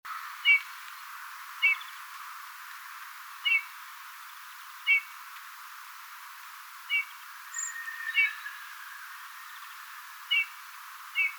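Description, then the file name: Eurasian bullfinch calls: brief soft piping notes, given singly at irregular intervals, about eight in eleven seconds, over steady hiss. "Pyrrhula pyrrhula"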